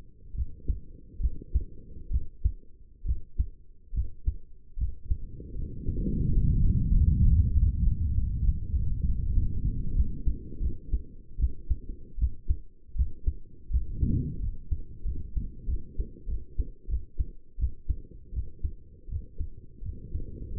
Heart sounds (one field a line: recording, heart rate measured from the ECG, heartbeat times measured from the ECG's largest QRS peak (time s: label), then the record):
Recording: heart sounds by stethoscope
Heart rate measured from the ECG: 83 bpm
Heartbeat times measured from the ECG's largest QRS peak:
0.35 s: heartbeat
1.20 s: heartbeat
2.11 s: heartbeat
3.05 s: heartbeat
3.94 s: heartbeat
4.77 s: heartbeat
5.55 s: heartbeat
6.24 s: heartbeat
6.88 s: heartbeat
7.50 s: heartbeat
8.11 s: heartbeat
8.71 s: heartbeat
9.33 s: heartbeat
9.95 s: heartbeat
10.61 s: heartbeat
11.39 s: heartbeat
12.18 s: heartbeat
12.95 s: heartbeat
13.70 s: heartbeat
14.40 s: heartbeat
15.05 s: heartbeat
15.67 s: heartbeat
16.27 s: heartbeat
16.88 s: heartbeat
17.58 s: heartbeat
18.33 s: heartbeat
19.09 s: heartbeat
19.82 s: heartbeat
20.53 s: heartbeat
From the record:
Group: healthy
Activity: rest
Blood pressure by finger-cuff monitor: 109/72 mmHg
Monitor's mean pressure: 80 mmHg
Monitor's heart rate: 85 bpm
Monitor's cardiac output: 6.1 L/min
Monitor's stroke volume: 72 mL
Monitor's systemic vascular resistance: 960 dyn s/cm5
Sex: male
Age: 21 years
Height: 170 cm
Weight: 71 kg